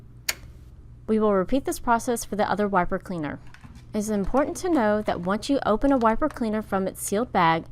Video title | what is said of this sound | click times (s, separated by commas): GTX Maintenance - Replacing the Wiper Cleaner | you will hear an audible click letting you know the wiper is locked into place | 0.3 s